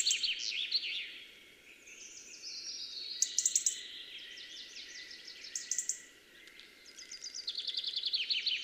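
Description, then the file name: European robin song, high thin warbling phrases mixing quick trills, slurred whistles and sharp squeaky notes, broken by short quiet gaps. "Erithacus rubecula"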